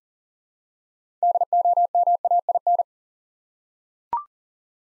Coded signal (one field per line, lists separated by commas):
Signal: Morse code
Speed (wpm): 39 wpm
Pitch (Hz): 700 Hz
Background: none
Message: DOMAIN